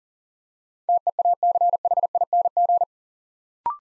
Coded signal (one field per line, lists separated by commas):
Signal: Morse code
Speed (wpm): 40 wpm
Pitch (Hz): 700 Hz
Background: none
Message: TEACHING